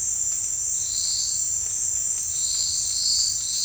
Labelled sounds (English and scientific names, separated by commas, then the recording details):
none
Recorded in dense forest near Puerto Asís, Putumayo, Colombia, on 21 March 2025 at 17:00
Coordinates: 0.484, -76.317
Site G064